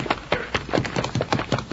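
A horse's hooves clip-clop in a steady, even rhythm, with sharp hollow knocks about four times a second over a faint background rumble, and no voices.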